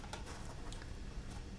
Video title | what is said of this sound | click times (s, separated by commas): Mechanical Keyboards Live! - Build a Carbon Fiber keyboard the LJD61up | thumbs like this and just pop it in you can hear a click there | 0.1 s